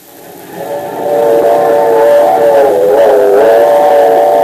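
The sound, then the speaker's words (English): A steam locomotive rolls along the rails with a steady roaring rumble while a long, sustained whistle tone sounds over it, swelling louder after the first second and holding loud until the end. “When the railroad gave us permission to ride the locomotive of the super steamer, I was delirious with joy.”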